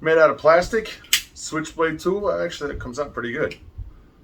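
Someone talks while handling a plastic switchblade-style golf divot repair tool with spring-loaded metal prongs that lock open in the plastic handle. The prong has not yet clicked or locked into place by the end of the clip.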